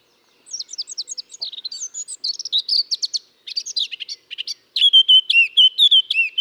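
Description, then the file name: Eurasian blackcap song opening with fast scratchy, chattering warbling that changes to loud, clear fluty whistles to the close. "Sylvia atricapilla"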